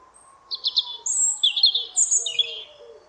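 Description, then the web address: European robin giving a run of high, sweet, varied twittering phrases with quick trills, a soft low tone drifting underneath. "Deverinetal 2025 File origin Bird Only Er Ru"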